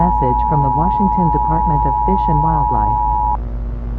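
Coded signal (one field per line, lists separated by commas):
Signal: Emergency Alert System (SAME) tones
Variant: 853 and 960 Hz attention tone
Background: speech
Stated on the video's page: Fictional analog-horror EAS scenario about a Bigfoot sighting in Washington State.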